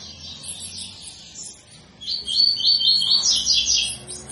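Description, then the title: Double-collared seedeater song: thin high notes, then a stronger, quick, chattering phrase of repeated sharp notes over faint low background hum. Tui-tui song style of a spirited ('fibra') bird, used as a teacher song for training young birds. "COLEIRO TUI TUI FIBRA CANTO PROFESSOR"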